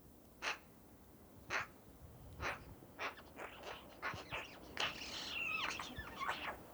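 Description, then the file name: Eurasian magpie uttering a run of harsh, scratchy calls about once a second, building into overlapping chatter mixed with squeaky, whistled notes near the end. "Pica pica"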